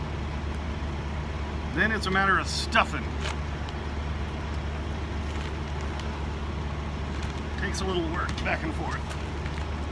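A plug-in trailer marker light is stuffed into a rubber grommet on the trailer body and worked back and forth by hand, over a steady low hum. Someone talks while pushing it in. The light has not seated or clicked into the grommet yet.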